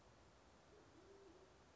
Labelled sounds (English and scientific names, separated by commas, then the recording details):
Band-tailed Pigeon (Patagioenas fasciata)
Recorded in Sonoma County, California